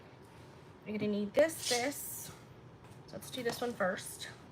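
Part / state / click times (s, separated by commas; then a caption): collapsible frame piece into its mating joint / not seated / none. A collapsible frame piece for a sewing-room item that comes apart for compact shipping is handled near its mating joint. Someone talks over faint background noise. Nothing has seated or clicked yet.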